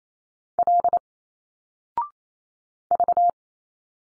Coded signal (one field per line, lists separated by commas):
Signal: Morse code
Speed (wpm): 27 wpm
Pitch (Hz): 700 Hz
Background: none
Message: L V